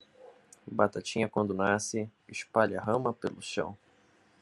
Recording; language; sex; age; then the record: short text; Brazilian Portuguese; male; 20 to 29 years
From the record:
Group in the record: control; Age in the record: 24 years